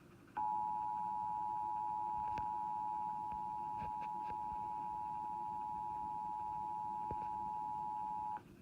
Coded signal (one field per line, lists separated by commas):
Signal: Emergency Alert System (SAME) tones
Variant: 853 and 960 Hz attention tone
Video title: Tornado Warning #2 on WJBK-DT3 (EAS #45) (TV EAS #6) 3/14/19 7:21 PM